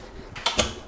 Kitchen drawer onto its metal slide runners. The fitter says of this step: claque d'accord des deux côtés il est positionné alors